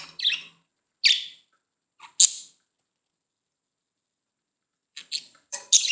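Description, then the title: Budgerigar calls: short scratchy chirps in scattered bursts, a few early on and a cluster of harsh squawks toward the end. "Budgie Sounds"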